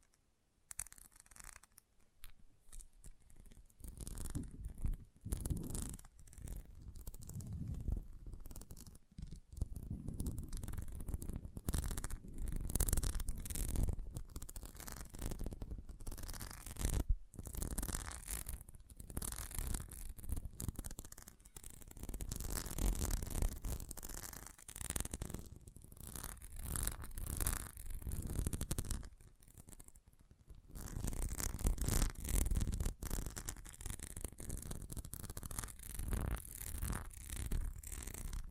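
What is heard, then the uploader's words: Intense magnetic tingles: dense, crackling scratches and rustles that run almost without pause, busy and uneven in rhythm, with a low rumble underneath and a hissing top. Brief lulls come near the start and around 29 and 33 seconds. ASMR Intense Magnetic Tingles (No Talking).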